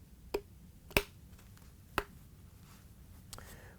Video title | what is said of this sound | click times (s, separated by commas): How To: Samsung Rotor Position Sensor DC31-00098A | you have it down and the tabs are locked into place | 1.0 s, 2.0 s